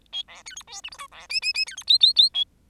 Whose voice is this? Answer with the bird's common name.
Bengalese Finch